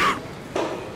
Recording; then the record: coughing mixed with background sound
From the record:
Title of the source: 31 night wet cough